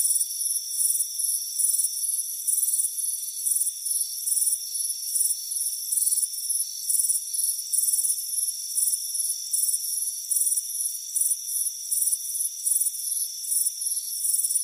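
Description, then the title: Cricket chorus chirping steadily in rapid high pulses throughout, over a continuous faint whine. Warm afternoon, front porch. "Soothing Crickets Chirping Sound"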